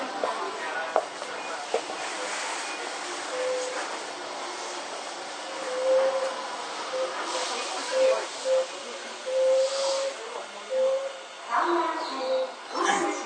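A Toei 5300 series train rides between Oshiage and Goshanda with steady rumble, a recurring whistling tone from about six seconds, and brief clanks.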